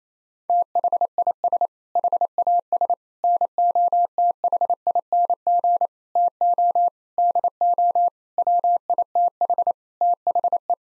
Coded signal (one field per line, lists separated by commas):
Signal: Morse code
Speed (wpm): 28 wpm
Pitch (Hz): 700 Hz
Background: none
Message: THIS HAS NOTHING TO DO WITH THE